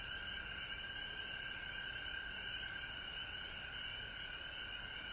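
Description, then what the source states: Frogs in full chorus, a steady high-pitched trilling drone with overlapping notes and no pauses throughout. Frogs recorded at home in Georgia on March 19, 2020.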